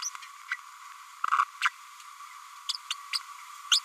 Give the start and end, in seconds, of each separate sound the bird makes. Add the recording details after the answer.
0.01-0.10, 0.51-0.56, 1.38-1.44, 1.61-1.71, 2.90-2.95, 3.71-3.80. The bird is a female. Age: 31 days. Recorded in a nest box in Venezuela. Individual 17B102A5